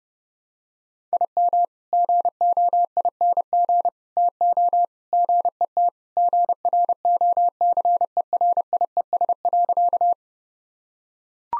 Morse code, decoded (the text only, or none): IM GOING TO GET GROCERIES.